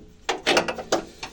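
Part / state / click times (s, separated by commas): fuel hose quick connector onto engine fuel line fitting / seated / 0.3 s, 0.9 s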